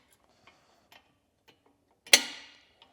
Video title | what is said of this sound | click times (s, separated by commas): etrailer - Assembling the Hollywood Racks RV Rider 2 Electric Bike Rack | once that gets lined up it should pop into place there | 2.1 s